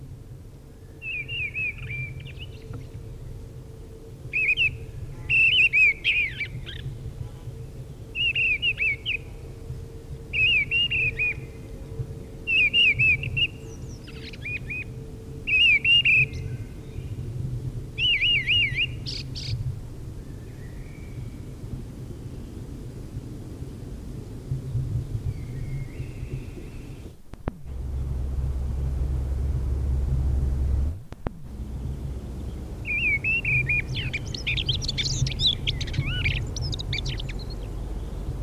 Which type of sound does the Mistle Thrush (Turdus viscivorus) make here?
song